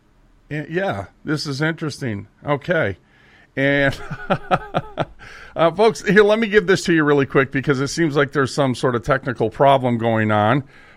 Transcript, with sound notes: yeah, this is interesting. Okay. And... (laughs) Uh, folks, here, let me give this to you really quick, because it seems like there's some sort of technical problem going on.